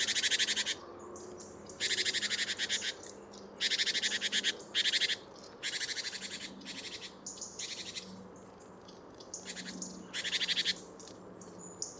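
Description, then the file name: Great tit giving harsh rattling churrs in a series, with brief gaps and quieter churrs between. "Parus major"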